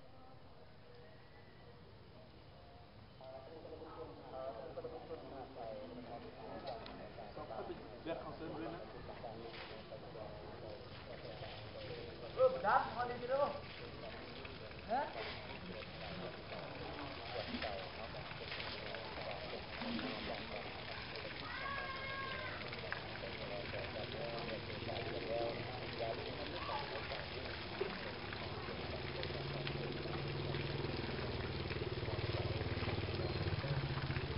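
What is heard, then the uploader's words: Morning ambience at a small riverside restaurant: a low, steady murmur of voices and activity that grows slightly louder after the first few seconds. A few brief clinks and knocks stand out around twelve to fourteen seconds, and a faint low rumble builds toward the end. Laos - riverside restaurant morning sounds. Ambient sounds heard from a small riverside restaurant in Luang Namtha in northern Laos.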